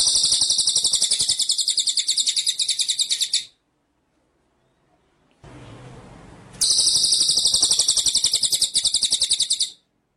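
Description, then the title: White-rumped shama song: a dense, rapid high trill of repeated notes lasting about three seconds, a pause with hiss, then a second similar trill. Masteran (training) track of full continuous rolling song (ngerol) with rapid high bursts (nembak). "Masteran Murai Batu Full Ngerol Nembak"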